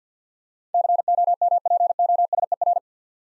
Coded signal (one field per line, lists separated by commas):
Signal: Morse code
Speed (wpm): 52 wpm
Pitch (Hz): 700 Hz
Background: none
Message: COMPOSER